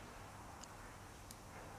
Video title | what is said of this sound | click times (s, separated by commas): Cyansky H5 multi colour hunting torch / flashlight review | and green um it's nice and there's an audible click as well as you can actually feel it it locks in the spot | 0.6 s, 1.3 s